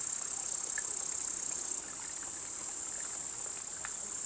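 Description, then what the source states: Upland green bush-cricket stridulation, a loud continuous high buzzing trill for almost two seconds, then stopping, leaving a quieter high hiss. Tettigonia cantans stridulating in an alpine pasture, Vallon de Combeau, Vercors, 7 August 2020 at 16:10; Nagra Seven recorder with B&K omni microphone.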